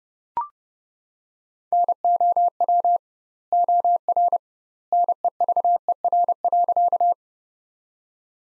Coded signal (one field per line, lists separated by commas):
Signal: Morse code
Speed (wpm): 30 wpm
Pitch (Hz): 700 Hz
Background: none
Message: NOW OR NEVER.